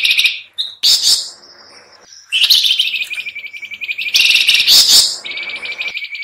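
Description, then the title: Sooty-headed bulbul calls in loud bursts of bright chirps and rapid buzzy trills, several phrases separated by short quiet gaps. Lure recording (pikat) made as a busy, noisy combination of calls. "PIKAT KUTILANG RIBUT KOMBINASI"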